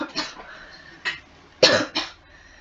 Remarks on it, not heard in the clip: Also I had COVID. sorry, I might be coughing a bit during this.